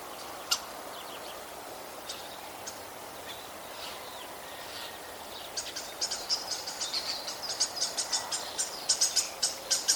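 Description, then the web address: Common starling calls, a few scattered sharp clicks at first, then a fast rattling series of dry, high clicks through the last four seconds. "vogelstimmen star ruf nabu lars lachmann"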